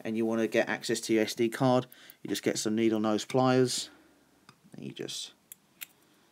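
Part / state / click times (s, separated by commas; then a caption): microSD card in a lightsaber soundboard's card slot / released / 5.5 s. Someone talks, then needle-nose pliers tap the microSD card in the spring-loaded push-push slot of a Korbanth Qui-Gon Jinn Phantom Menace FX lightsaber's Nano Biscotte v3.0 soundboard, with the kill key in. A sharp click at 5.5 s, followed by another brief tick at 5.8 s, marks the card releasing and popping out for removal.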